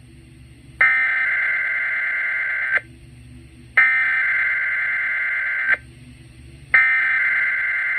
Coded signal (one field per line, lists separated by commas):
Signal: Emergency Alert System (SAME) tones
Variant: header bursts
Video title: WFDD RWT EAS 137